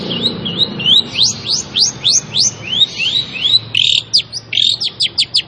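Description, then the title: Long-tailed shrike song: quick rising whistled sweeps repeated about three per second, then a denser burst of short sharp chips near the end. Singing lively, in the gacor style. "Cendet Gacor"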